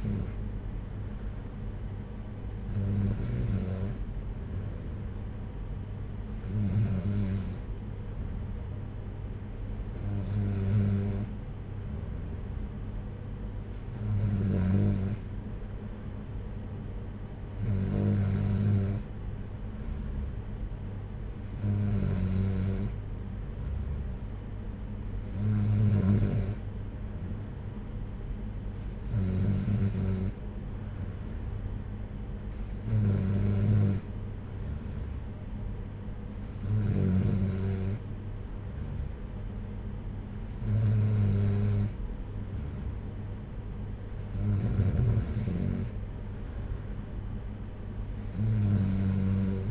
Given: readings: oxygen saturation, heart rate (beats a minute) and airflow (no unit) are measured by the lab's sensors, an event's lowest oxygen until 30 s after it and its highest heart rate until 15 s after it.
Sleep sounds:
breathing in sleep by a smartphone at the bedside; none
none scored
From the record:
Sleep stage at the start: N3 (deep sleep); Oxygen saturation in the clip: 93 to 94%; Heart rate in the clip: 58 to 63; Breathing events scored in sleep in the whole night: 226 in 8.8 hours asleep

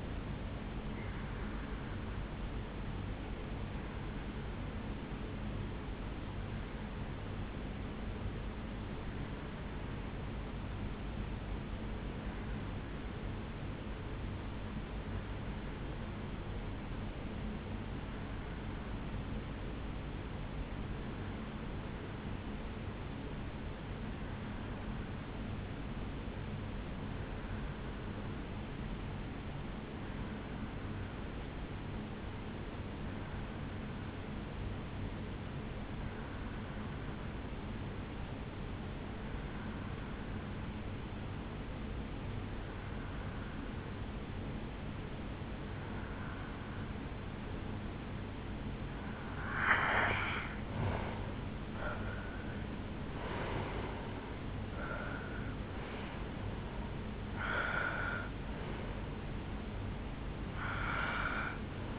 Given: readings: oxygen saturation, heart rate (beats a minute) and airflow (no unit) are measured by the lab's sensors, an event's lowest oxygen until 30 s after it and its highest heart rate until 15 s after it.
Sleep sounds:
breathing in sleep by a voice recorder at the bedside; 1
3.00-46.40 s: hypopnea (REM, oxygen 92% highest, then 82% lowest, heart rate 75 at the start, 80 highest)
From the record:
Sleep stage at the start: REM sleep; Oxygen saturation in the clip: 83 to 92%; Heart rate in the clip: 61 to 80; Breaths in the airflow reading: 14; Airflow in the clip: -11.8 to 8.0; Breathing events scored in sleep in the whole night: 449 in 7.0 hours asleep

